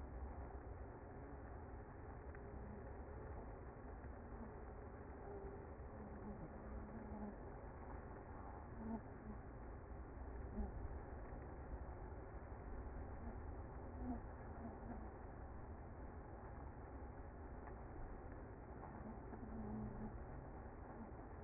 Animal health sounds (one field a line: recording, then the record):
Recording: honeybee colony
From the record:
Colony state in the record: active